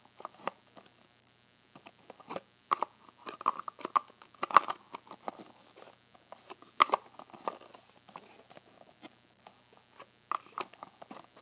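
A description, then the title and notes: A jewelry box is handled, with a steady run of small clicks, taps and rattles. Sharp knocks land around 2.5, 4.5, 7 and 10.5 seconds, and faint scraping and jostling fill the gaps between them. Opening and Closing my Box of Jewelry.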